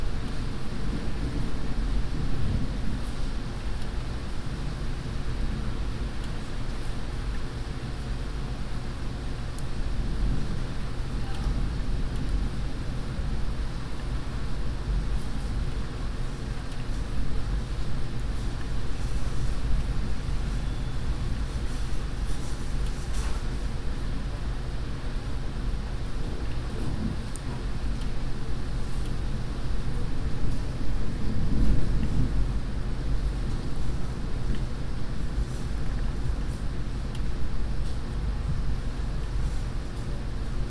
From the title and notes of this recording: Inside the Apartment, Rain outside. A stereo recording of the rain from inside my apartment.